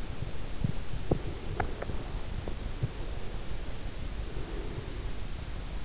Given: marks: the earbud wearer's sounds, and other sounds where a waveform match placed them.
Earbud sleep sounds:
sounds in sleep by an in-ear microphone; breath, teeth grinding
0.04-2.36 s: breath
0.57-2.96 s: teeth grinding
2.96-5.12 s: breath

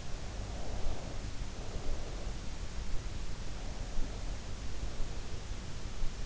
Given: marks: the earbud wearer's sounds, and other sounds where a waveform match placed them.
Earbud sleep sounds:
sounds in sleep by an in-ear microphone; breath
0.30-2.49 s: breath

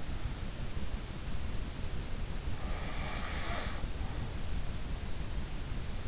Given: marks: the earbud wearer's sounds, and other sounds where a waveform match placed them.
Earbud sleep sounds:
sounds in sleep by an in-ear microphone; snoring breath
2.58-4.57 s: snoring breath

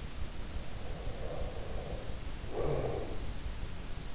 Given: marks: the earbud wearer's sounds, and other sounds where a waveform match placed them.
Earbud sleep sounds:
sounds in sleep by an in-ear microphone; breath
0.73-3.13 s: breath

